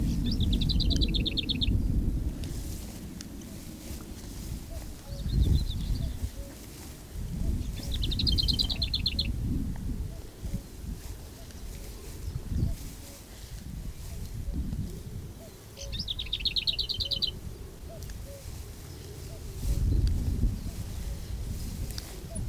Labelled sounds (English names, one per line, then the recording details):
Lesser Whitethroat
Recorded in the wild
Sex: male
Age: adult
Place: Blankenfelde, Berlin, DE
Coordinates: 52.645, 13.395
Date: 1992-05-28 11:00
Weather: sonnig, 20-24 °C, böiger Ost-Wind
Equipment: Nagra SN, Mikrofon AKG CK 8, Kopie Tesla B 116
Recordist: Tembrock, Günter